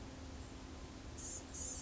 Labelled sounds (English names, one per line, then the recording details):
Blue-gray Gnatcatcher
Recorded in Sonoma County, California